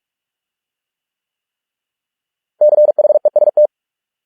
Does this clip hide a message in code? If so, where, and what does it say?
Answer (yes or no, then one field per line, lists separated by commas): yes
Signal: Morse code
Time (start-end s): 2.6-3.7 s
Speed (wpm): 46 wpm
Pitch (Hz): 600 Hz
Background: none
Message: CHEST